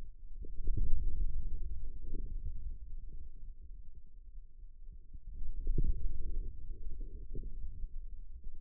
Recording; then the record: forearm muscle sounds (acoustic myography)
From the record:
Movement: inward rotation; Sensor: system 2, bracelet of six BSWA MPA416 microphones around the upper forearm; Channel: 3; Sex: male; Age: 22 years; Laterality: right